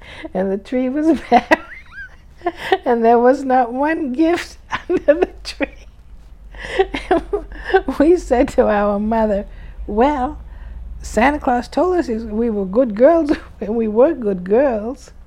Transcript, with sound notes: and the tree was there and there was not one gift under the tree. ( she laughs ) And we said to our mother, "Well, Santa Claus told us if we were good girls, and we were good girls.